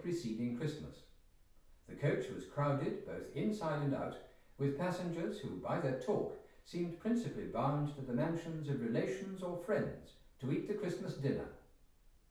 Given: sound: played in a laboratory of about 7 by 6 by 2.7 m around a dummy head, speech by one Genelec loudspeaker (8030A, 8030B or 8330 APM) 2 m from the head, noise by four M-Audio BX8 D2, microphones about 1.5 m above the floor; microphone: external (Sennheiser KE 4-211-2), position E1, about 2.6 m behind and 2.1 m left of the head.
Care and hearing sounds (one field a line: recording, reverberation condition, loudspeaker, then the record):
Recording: male speech in English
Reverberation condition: medium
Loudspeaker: 60 degrees to the left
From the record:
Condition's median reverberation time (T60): about 510 ms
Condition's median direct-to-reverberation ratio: about -0.5 dB